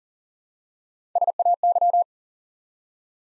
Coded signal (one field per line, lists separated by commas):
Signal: Morse code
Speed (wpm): 39 wpm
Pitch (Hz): 700 Hz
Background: none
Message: SAY